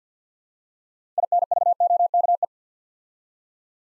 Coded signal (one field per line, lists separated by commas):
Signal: Morse code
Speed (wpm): 50 wpm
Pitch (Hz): 700 Hz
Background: none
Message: INVOKE